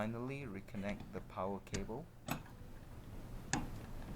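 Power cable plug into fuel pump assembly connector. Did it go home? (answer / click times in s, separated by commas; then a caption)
yes / 3.5 s. Someone talks while the electrical power cable plug is reconnected to the fuel pump assembly connector on a Proton Gen2. The plug latches with a sharp tick at 3.5 s and is seated.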